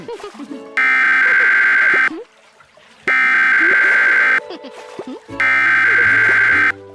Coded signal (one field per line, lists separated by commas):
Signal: Emergency Alert System (SAME) tones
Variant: header bursts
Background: speech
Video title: [Made with KineMaster 5] EAS Mock: Clarksville Tornado